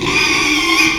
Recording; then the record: squeal of a Yucatan mini pig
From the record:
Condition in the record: after surgery on the right vocal fold (resection and tissue-engineered implant); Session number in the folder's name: 1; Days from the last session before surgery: 6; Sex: male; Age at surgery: 12 weeks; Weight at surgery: 13 kg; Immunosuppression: cyclosporine, prednisolone